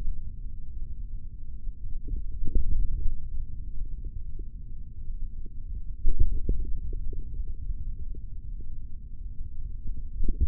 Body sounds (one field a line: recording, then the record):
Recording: forearm muscle sounds (acoustic myography)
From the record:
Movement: tripod grip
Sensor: system 3, bracelet of six PUI Audio POM-2738L microphones around the upper forearm, with dedicated amplification and filtering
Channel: 2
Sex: male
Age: 23 years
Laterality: right